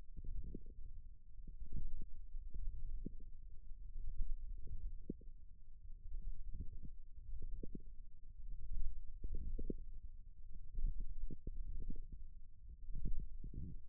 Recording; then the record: forearm muscle sounds (acoustic myography)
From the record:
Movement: wrist flexion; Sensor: system 1, eight BSWA MPA416 microphones around the upper forearm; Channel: 6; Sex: female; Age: 21 years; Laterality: right